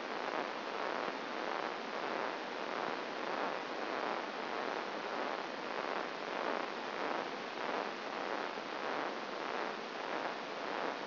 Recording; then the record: brain microelectrode recording played as sound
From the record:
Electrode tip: outside the subthalamic nucleus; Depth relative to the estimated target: 4 mm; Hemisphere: left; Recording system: AlphaMap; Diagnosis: Parkinson's disease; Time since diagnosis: 15 years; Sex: female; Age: 68 years